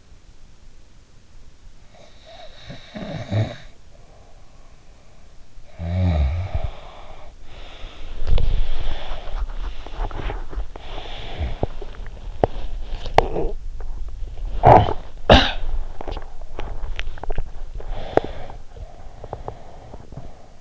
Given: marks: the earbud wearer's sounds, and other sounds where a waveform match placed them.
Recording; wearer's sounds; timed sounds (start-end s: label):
sounds in sleep by an in-ear microphone; snoring breath, body movement, breath, swallowing, talking in sleep, cough or throat clearing or sniffle, teeth grinding
1.90-5.52 s: snoring breath
5.68-8.26 s: snoring breath
7.55-20.61 s: body movement
8.40-10.37 s: breath
10.62-13.50 s: breath
11.39-13.30 s: swallowing
12.90-13.71 s: talking in sleep
14.51-15.80 s: cough or throat clearing or sniffle
15.80-17.72 s: swallowing
18.03-20.44 s: teeth grinding